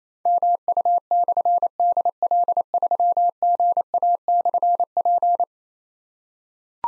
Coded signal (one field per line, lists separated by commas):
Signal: Morse code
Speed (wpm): 29 wpm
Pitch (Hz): 700 Hz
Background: none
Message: MU/DL3GA/P